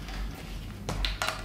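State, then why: Not seated. A strap lock clip is handled as it is pushed onto the second strap button on the other side of a guitar. Faint rustling gives way to a few short taps and knocks near the end. Nothing has seated or clicked yet.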